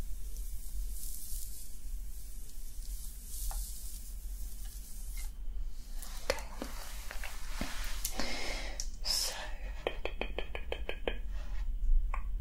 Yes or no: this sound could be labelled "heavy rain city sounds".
no